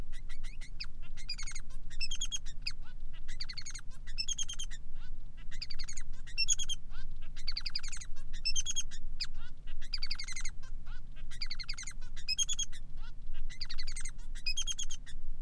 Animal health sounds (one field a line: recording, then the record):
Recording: song of a male Bengalese finch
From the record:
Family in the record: son of father 3